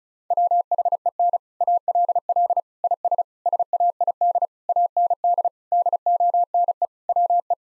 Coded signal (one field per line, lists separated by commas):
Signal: Morse code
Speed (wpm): 34 wpm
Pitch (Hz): 700 Hz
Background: none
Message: WHEN ALL IS SAID AND DONE WE